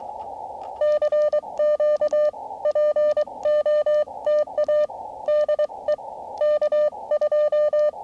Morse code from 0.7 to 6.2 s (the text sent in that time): CQ POTA DE